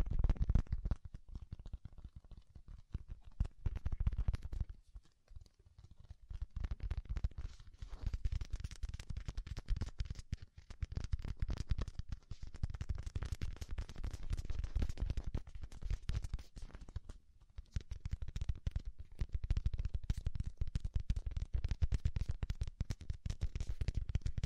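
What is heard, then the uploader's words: Soft fluffy brushing and rubbing near the ear, dense crackly textures with a deep low rumble, pausing briefly around five and seventeen seconds. ASMR Deep Ear Tingles Soft & Fluffy Triggers. (No Talking).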